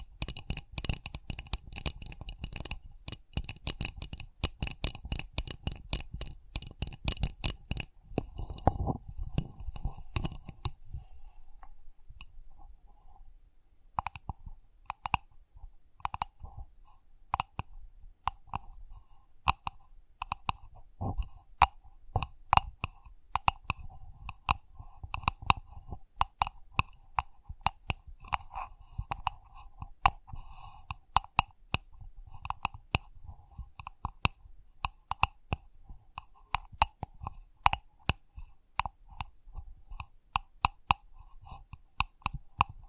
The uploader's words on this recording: Sensitive Tapping.